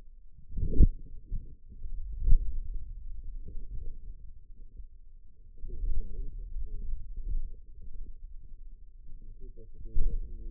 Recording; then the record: forearm muscle sounds (acoustic myography)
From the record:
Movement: hand opening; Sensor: system 2, bracelet of six BSWA MPA416 microphones around the upper forearm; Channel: 4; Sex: male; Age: 22 years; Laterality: right